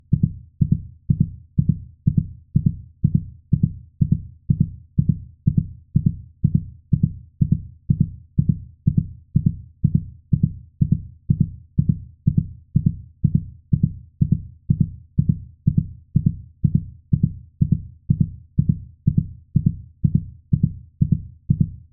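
Steady, evenly spaced low thumping heartbeats throughout, as a medical heartbeat sound.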